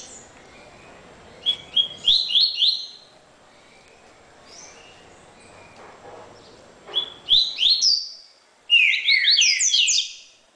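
Double-collared seedeater singing in separate bursts of rapid, high chirps and whistles, with quiet gaps between phrases and a dense final flourish.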